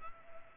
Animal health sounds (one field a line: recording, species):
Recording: mosquito wingbeat signal from an infrared sensor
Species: Culex pipiens